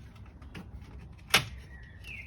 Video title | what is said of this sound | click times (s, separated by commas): How to replace door pocket on Volvo 740 and 940 | which is snap in place like that | 1.3 s